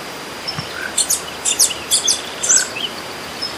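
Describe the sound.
Horned sungem giving thin, very high chips in an irregular run of brief notes over steady background hiss.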